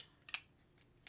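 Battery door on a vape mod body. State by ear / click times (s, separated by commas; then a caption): not seated / none. The magnetic/clip battery door of a Lost Vape Therion DNA166 box vape mod is handled as it is put onto the device body, giving a few brief, bright ticks around 0.3 s and another at 1.1 s over near silence. The clip ends before the door snaps into place, so nothing has seated or clicked yet.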